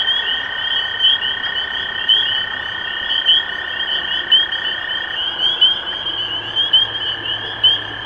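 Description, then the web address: Spring peeper: shrill overlapping peeps of many spring peepers, accompanied by a steady lower trill that shifts slightly in pitch partway through. Recorded 23 March 2012. "rob animals Peepers-2012-0323"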